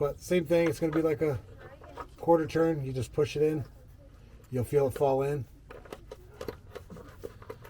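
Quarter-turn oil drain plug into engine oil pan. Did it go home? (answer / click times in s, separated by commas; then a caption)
no / none. On a 2020 Ford F-150 with the 2.7L EcoBoost, someone talks while the quarter-turn oil drain plug with its seal is fitted into the engine oil pan opening and lined up before being pushed in and turned a quarter turn. After the talking stops around 5.4 s, only small, quiet handling taps follow between about 5.9 and 7.5 s. The plug has not locked or clicked yet.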